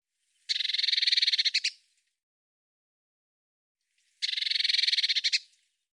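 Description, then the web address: Eurasian blue tit scolding churr: two buzzy, rapidly pulsed bursts, each just over a second long, separated by about two seconds of silence. "Deverinetal"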